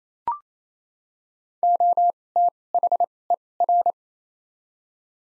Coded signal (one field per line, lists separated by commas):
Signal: Morse code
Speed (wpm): 28 wpm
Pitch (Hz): 700 Hz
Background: none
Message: O T H E R